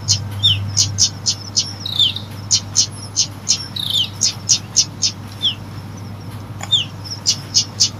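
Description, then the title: Lovebird chirping: rapid high shrill chips, about four per second, mixed with down-slurred squeaks over a low hum. Recording used to lure lovebirds. "PIKAT BURUNG LOVEBIRD"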